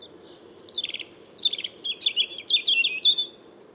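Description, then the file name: European robin song: a fast, varied phrase of high descending trills and tinkling whistled notes, delivered continuously for about three seconds. "Erithacus rubecula"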